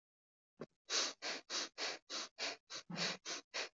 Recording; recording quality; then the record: shallow breathing; excellent, no background noise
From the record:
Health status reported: healthy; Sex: female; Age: 22 years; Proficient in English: yes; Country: India